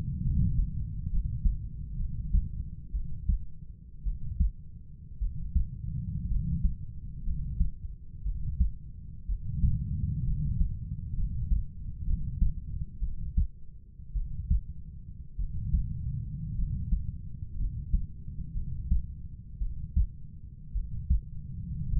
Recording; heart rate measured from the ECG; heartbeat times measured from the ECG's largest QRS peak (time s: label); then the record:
heart sounds by stethoscope; 58 bpm
0.24 s: heartbeat
1.11 s: heartbeat
1.98 s: heartbeat
2.92 s: heartbeat
4.04 s: heartbeat
5.20 s: heartbeat
6.29 s: heartbeat
7.25 s: heartbeat
8.24 s: heartbeat
9.27 s: heartbeat
10.25 s: heartbeat
11.16 s: heartbeat
12.05 s: heartbeat
13.00 s: heartbeat
14.14 s: heartbeat
15.37 s: heartbeat
16.56 s: heartbeat
17.57 s: heartbeat
18.54 s: heartbeat
19.59 s: heartbeat
20.73 s: heartbeat
21.90 s: heartbeat
From the record:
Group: healthy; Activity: rest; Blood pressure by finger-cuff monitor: 107/52 mmHg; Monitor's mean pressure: 64 mmHg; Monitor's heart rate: 63 bpm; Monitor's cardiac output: 5.7 L/min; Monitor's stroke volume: 93 mL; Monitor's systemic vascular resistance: 800 dyn s/cm5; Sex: male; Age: 25 years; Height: 170 cm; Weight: 70.4 kg